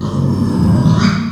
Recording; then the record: squeal of a Yucatan mini pig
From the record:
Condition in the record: after surgery on the right vocal fold (resection and tissue-engineered implant); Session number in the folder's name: 12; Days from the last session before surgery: 105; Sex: female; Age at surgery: 19 weeks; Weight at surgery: 25 kg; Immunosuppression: prednisolone